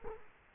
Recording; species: mosquito wingbeat signal from an infrared sensor; Culex quinquefasciatus